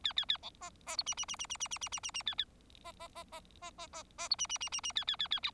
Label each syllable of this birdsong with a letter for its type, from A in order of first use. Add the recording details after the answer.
A A A B C C D E E E E E E E E E E E A A C C C C C C C C D E E E E E A A A A A. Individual Bird4